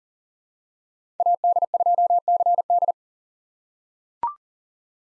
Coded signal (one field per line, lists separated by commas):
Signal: Morse code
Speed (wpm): 40 wpm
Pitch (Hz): 700 Hz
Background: none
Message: AD2CD